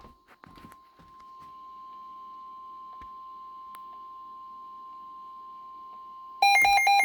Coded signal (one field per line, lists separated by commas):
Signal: Emergency Alert System (SAME) tones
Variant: 1050 Hz attention tone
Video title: SVR On WNG672! (EAS #67)